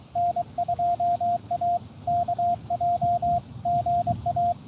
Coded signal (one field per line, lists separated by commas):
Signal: Morse code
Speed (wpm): 23 wpm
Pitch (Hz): 700 Hz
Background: radio noise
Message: N2AKJ GA